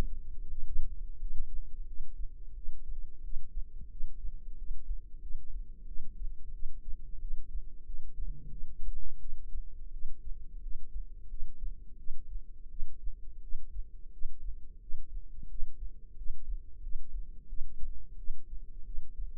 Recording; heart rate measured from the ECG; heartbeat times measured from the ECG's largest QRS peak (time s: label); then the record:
heart sounds by microphone in the left ear; 88 bpm
0.48 s: heartbeat
1.19 s: heartbeat
1.86 s: heartbeat
2.54 s: heartbeat
3.22 s: heartbeat
3.90 s: heartbeat
4.56 s: heartbeat
5.21 s: heartbeat
5.86 s: heartbeat
6.52 s: heartbeat
7.20 s: heartbeat
7.84 s: heartbeat
8.50 s: heartbeat
9.19 s: heartbeat
9.91 s: heartbeat
10.61 s: heartbeat
11.28 s: heartbeat
11.97 s: heartbeat
12.69 s: heartbeat
13.41 s: heartbeat
14.11 s: heartbeat
14.80 s: heartbeat
15.48 s: heartbeat
16.16 s: heartbeat
16.81 s: heartbeat
17.47 s: heartbeat
18.17 s: heartbeat
18.84 s: heartbeat
From the record:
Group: healthy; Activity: cold pressor test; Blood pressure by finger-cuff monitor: 81/47 mmHg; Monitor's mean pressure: 61 mmHg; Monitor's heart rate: 88 bpm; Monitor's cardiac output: 8.4 L/min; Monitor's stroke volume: 94 mL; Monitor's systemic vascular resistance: 510 dyn s/cm5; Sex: female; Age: 22 years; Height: 161 cm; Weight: 65.5 kg